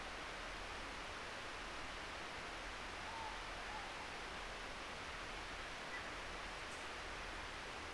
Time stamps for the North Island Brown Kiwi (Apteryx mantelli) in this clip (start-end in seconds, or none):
none